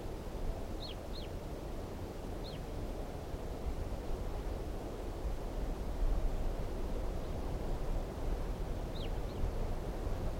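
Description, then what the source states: Red Crossbill calls: sharp descending chip notes in small clusters, a pair and a single early, another pair later, against heavy low rumble. Recorded at 5:21.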